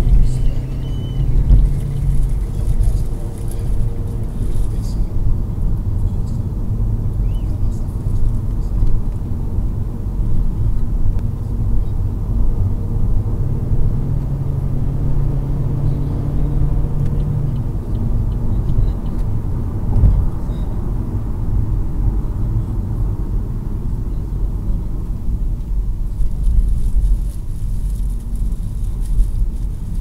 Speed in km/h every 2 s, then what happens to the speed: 72, 78, 80, 82, 84, 85, 89, 96, 98, 97, 83, 65, 58, 55, 54.
0-17 speeds up to 98. 17-25 brakes to 55.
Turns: none.